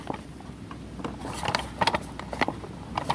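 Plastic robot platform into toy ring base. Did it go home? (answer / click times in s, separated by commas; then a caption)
no / none. A plastic robot platform from a boxing-robot toy is pressed into the holes in the large toy ring base. Several short plastic knocks and scrapes are heard. Nothing snaps in or clicks into place.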